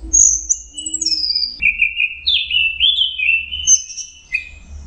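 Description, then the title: Orange-headed thrush song: varied whistled phrases, high thin notes then lower slurred warbles, continuous and rich, with faint low rumble beneath. "Burung Anis Merah"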